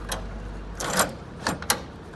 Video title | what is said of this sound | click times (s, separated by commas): 2017 Fuzion Exterior Walkthrough | And they just click right in. | 1.7 s